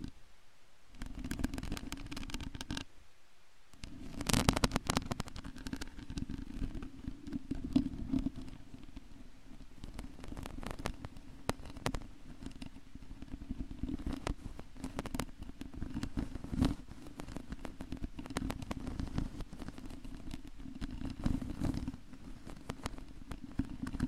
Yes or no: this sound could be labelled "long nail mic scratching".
yes